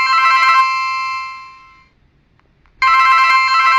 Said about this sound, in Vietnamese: Vào quán ăn, cô khoái chí nhớ lại cảnh tượng buồn cười lúc nãy, nhưng đột nhiên chuông điện thoại reo lên.